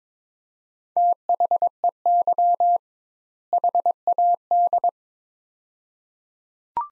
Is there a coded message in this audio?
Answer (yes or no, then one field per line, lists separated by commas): yes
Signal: Morse code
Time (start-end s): 1.0-4.9 s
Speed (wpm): 22 wpm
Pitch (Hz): 700 Hz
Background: none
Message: THEY HAD